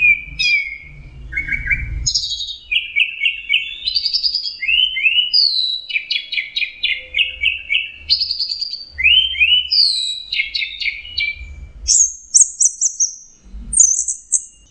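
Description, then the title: Orange-headed thrush song: long sequence of varied whistles, rising slurs and buzzy notes, pitch shifting from phrase to phrase. "Burung Anis Merah"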